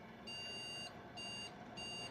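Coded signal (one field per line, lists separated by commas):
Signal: beep code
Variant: ASUS motherboard POST beep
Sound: one long high beep followed by two shorter beeps of the same pitch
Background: room hiss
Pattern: 1 long, 2 short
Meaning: One long, two short on an ASUS board indicates a video card error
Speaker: So, we got one long, two short. Let me just grab that. I would suspect that might be a RAM issue.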